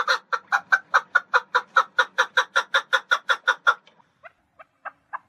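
Partridge uttering a quick run of loud, rhythmic chuck notes for nearly four seconds, trailing off into a few softer, spaced calls.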